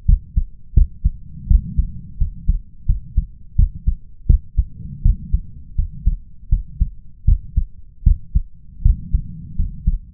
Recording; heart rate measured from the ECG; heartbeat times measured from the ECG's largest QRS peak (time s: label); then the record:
heart sounds by stethoscope; 82 bpm
0.05 s: heartbeat
0.74 s: heartbeat
1.47 s: heartbeat
2.17 s: heartbeat
2.86 s: heartbeat
3.55 s: heartbeat
4.26 s: heartbeat
5.02 s: heartbeat
5.75 s: heartbeat
6.49 s: heartbeat
7.25 s: heartbeat
8.03 s: heartbeat
8.82 s: heartbeat
9.55 s: heartbeat
From the record:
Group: healthy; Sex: male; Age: 21 years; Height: 180 cm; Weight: 67.5 kg